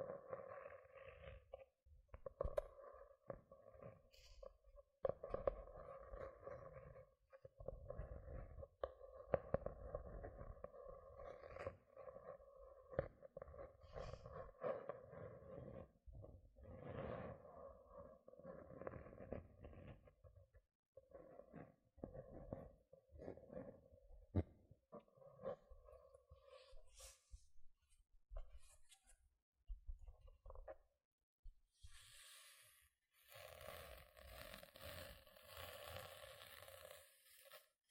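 Gentle scratching goes on in quick, uneven bursts, with a steady mid-pitched hum running under most of it. The strokes come densely through the first twenty-five seconds, then thin out into sparser taps before a brighter, hissier stretch of scratching near the end.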